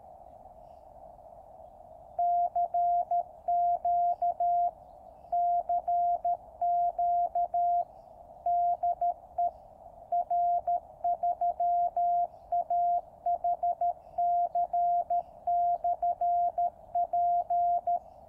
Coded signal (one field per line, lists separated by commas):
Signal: Morse code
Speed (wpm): 13 wpm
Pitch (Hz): 700 Hz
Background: none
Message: CQ CQ DE R3AHC/P